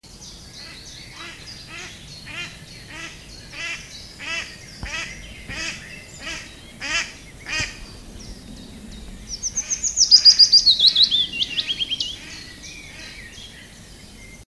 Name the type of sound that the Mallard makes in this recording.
flight call